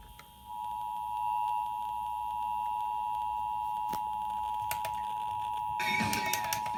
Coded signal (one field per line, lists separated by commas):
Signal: Emergency Alert System (SAME) tones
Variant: 853 and 960 Hz attention tone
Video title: EAS Pennsylvania Required Monthly Test 4/15/21 #29